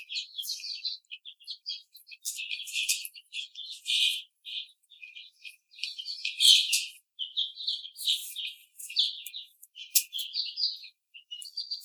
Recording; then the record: young laying hens in a cage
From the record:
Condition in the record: treatment cage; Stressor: simulated dog barking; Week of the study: 5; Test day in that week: 1